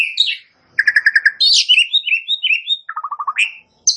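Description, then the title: Asian pied starling song, a varied run of quick repeated chirps, slurred whistles and a lower stuttering series of notes, with brief gaps between phrases. Starts singing in less than a minute. "Belum Satu Menit Jalak Suren Langsung Bunyi"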